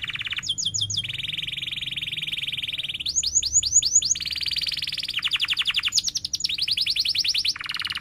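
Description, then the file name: Canary song switching between steady buzzy rolls and quick bursts of sharply sweeping whistles, with no gaps between phrases. Canary singing vigorously (gacor), with 'cuit-cuit' chirps and sharp rolling trills (ngerol). "Suara Kenari Gacor Cuit Cuit Ngerol Tajam"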